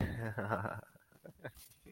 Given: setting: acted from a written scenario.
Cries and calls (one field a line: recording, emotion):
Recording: vocal sound without words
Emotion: contentment